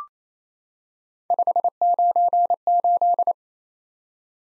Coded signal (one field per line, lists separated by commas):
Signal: Morse code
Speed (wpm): 29 wpm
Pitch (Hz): 700 Hz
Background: none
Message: 598